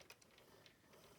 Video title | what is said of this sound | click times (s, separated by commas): Dino Riders Torosaurus with Gunner and Magnus review! | in friction where you can bring this out and it and it locks into place | 0.1 s, 0.2 s